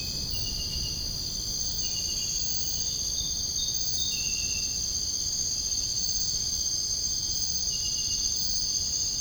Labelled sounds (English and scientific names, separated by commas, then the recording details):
none
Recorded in dense forest near Puerto Asís, Putumayo, Colombia, on 22 June 2025 at 03:30
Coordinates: 0.481, -76.323
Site G072